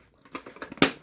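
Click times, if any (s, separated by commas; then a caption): 0.8 s. A plastic part on a McFarlane DC Super Powers toy spaceship playset is pushed down, giving a few light plastic ticks from about 0.3 to 0.8 seconds. A sharp, loud click at 0.8 seconds marks the part seating into place.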